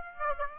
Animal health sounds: mosquito wingbeat signal from an infrared sensor; Aedes aegypti

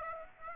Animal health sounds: mosquito wingbeat signal from an infrared sensor; Aedes aegypti

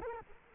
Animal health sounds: mosquito wingbeat signal from an infrared sensor; Culex quinquefasciatus

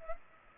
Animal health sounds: mosquito wingbeat signal from an infrared sensor; Culex pipiens

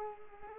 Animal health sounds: mosquito wingbeat signal from an infrared sensor; Culex pipiens

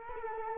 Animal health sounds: mosquito wingbeat signal from an infrared sensor; Culex quinquefasciatus

